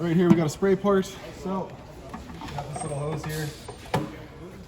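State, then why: Seated. Someone talks while a small hose's two-eared spray adapter is fitted into the exterior spray port of a 2021 Surveyor 203 RKLE. The adapter is given an eighth turn, and a short sharp click at 3.9 s marks it twist-locking into the port, seated.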